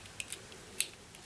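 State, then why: Seated. With the small plastic safety cover removed, the red lead's spade connector is pushed onto the terminal of a new 6V ride-on toy car battery. A few faint ticks come at about 0.2 s and 0.3 s, then a sharp, loud click at 0.8 s as the connector clips on and seats, followed by a soft tick near 1.1 s.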